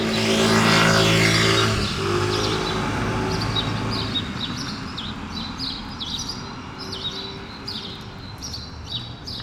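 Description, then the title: Sparrows: a car roars by at first, then sparrows chirp in a steady series of sharp notes over softer street noise. Sparrows on Rue Keyenveld, Ixelles, Brussels-Capital, Belgium, a street with cars and people passing by; recorded with Lom Usi Pro microphones into a Zoom F6. "Rue Keyenveld, Ixelles, Bruxelles-Capitale, Belgique - Sparrows - moineaux"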